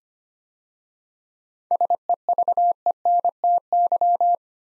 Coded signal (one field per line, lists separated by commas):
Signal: Morse code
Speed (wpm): 25 wpm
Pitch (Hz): 700 Hz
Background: none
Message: SEVENTY